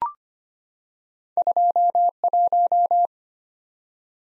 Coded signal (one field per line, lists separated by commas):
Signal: Morse code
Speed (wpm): 25 wpm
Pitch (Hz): 700 Hz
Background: none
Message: 21